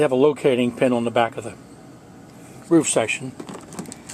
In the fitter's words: they go in the hole and snap right in place